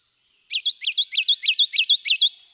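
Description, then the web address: Kentucky Warbler song: six rolling two-part phrases, each a quick rising note then a higher slurred one, repeated steadily about every third of a second, with a clean, quiet background. "birdnote-daily- episodio kentucky-warbler"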